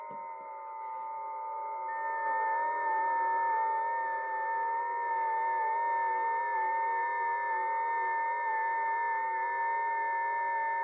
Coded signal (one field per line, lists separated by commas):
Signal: FT8